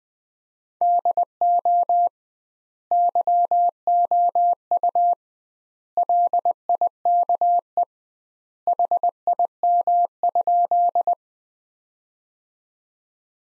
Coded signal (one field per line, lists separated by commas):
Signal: Morse code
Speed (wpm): 20 wpm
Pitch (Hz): 700 Hz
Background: none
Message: DO YOU LIKE HIM?